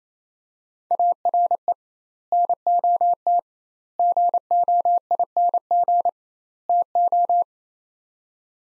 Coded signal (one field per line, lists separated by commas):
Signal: Morse code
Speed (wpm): 28 wpm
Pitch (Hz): 700 Hz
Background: none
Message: ARE NOT GOING TO